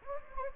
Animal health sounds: mosquito wingbeat signal from an infrared sensor; Anopheles gambiae

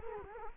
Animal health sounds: mosquito wingbeat signal from an infrared sensor; Culex quinquefasciatus

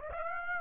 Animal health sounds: mosquito wingbeat signal from an infrared sensor; Aedes aegypti

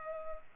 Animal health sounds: mosquito wingbeat signal from an infrared sensor; Culex pipiens

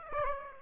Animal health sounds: mosquito wingbeat signal from an infrared sensor; Aedes aegypti

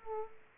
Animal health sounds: mosquito wingbeat signal from an infrared sensor; Culex pipiens

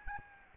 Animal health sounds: mosquito wingbeat signal from an infrared sensor; Aedes albopictus

